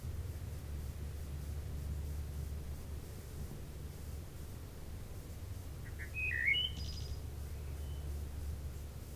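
Wood thrush singing a single flutey phrase with a high trill late in the recording, after several seconds of steady low rumbling noise.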